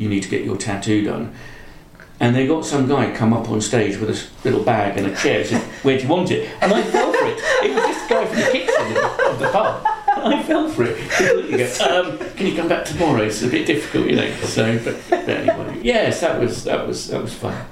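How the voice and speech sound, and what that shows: A man tells a lively anecdote in fluent, ordinary conversational speech, with chuckling and light laughter.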